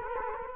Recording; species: mosquito wingbeat signal from an infrared sensor; Culex quinquefasciatus